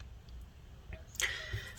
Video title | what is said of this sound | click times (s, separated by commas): 13" Inch 2020 M1 MacBook Air A2337 Liquid Spill Clean Up Repair Motherboard Logicboard Removal | All right, so we're gonna line this speaker connector up and just push that, clicks into place. | 1.2 s